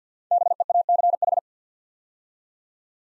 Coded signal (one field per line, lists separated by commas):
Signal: Morse code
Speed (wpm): 54 wpm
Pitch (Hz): 700 Hz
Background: none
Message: BEACH